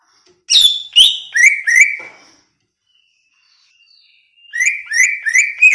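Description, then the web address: Greater green leafbird song: four loud whistled notes stepping downward, a quiet gap with faint thin tones, then another quick run of whistled notes. Banyuwangi; described as gacor (singing persistently). "cucak ijo banyuwangi"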